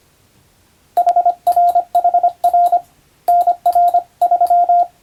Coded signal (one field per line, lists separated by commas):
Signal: Morse code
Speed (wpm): 25 wpm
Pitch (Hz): 700 Hz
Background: radio noise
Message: HRHR NR3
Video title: 昔はモールス符号を駆使して船と陸との連絡する無線通信士という仕事がありました。今でも国家試験で実技があります。YouTubeの再生速度を設定して聞いてみよう morse code practice